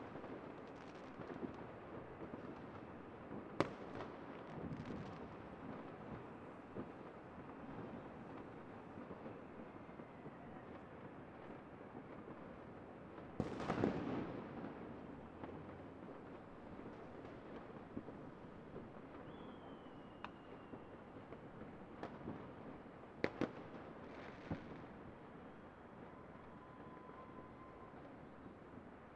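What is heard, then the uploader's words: New Year's Eve fireworks rumble in a dense, steady wash, punctuated by sharper cracks near 4, 14 and 23 seconds. A few minutes of a field recording of fireworks on New Years Eve. Recorded at the Hofplein in Rotterdam (NL).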